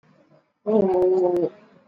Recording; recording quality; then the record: sustained vowel as in boot; excellent, no background noise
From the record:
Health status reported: exposed to COVID-19, no respiratory illness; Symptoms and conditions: cough, cold, fever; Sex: female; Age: 55 years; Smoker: no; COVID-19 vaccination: both doses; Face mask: worn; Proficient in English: yes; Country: India